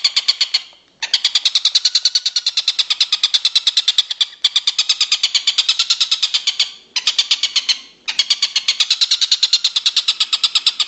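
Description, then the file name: Stork-billed kingfisher calling in long runs of fast, rasping repeated notes separated by brief pauses. "tengkek buto om andri"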